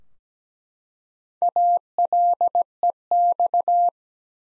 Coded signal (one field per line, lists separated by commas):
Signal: Morse code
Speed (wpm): 17 wpm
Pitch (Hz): 700 Hz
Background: none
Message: ALEX